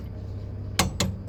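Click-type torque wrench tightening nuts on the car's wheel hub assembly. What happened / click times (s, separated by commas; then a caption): The torque wrench clicked at its set torque / 0.8 s. A click-type torque wrench, reset after being over-torqued before, tightens the nuts on the wheel hub and drive shaft assembly of a Peugeot 207 during a wheel bearing and drive shaft change. Over a low steady hum, a sharp click sounds at 0.8 s, followed by a second at 1.0 s. The wrench clicks at its setting, confirming the nuts are torqued correctly.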